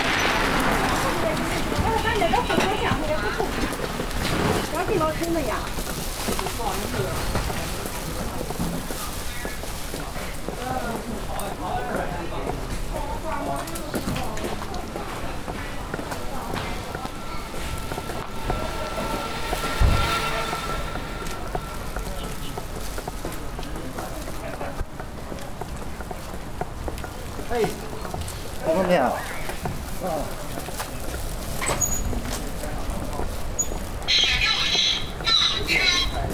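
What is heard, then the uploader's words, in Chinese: Walking through a crowded old alley street, with a dense, steady wash of chatter and footsteps. Voices rise and fall constantly, a dull thump lands near the twenty-second mark, and a bright hissing burst appears in the last few seconds. 穿过南锣鼓巷｜城市声音。录音时间是2020年12月7日上午。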